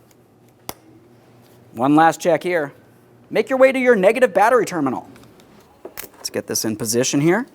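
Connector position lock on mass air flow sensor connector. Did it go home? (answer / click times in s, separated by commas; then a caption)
yes / 0.7 s. On a 2013-2015 Chevrolet Malibu 2.5L L4, the plastic position-lock tab on the mass air flow sensor connector is pushed in after a tug test during an alternator replacement, giving one sharp snap at 0.7 s as the connector locks, seated. After a pause, someone talks.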